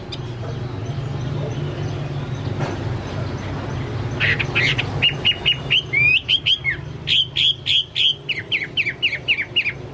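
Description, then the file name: Chinese hwamei song after about four quiet seconds: rapid repeated whistled notes, several per second, over low background hum. "hwamei-2-omkicau"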